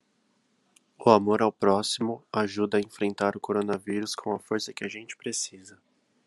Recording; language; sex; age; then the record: spoken sentence; Brazilian Portuguese; male; 18 to 19 years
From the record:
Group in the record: control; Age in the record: 19 years